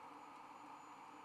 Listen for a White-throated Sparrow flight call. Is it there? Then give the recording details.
no. No flight call is heard. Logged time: 06:08 on 1 December 2014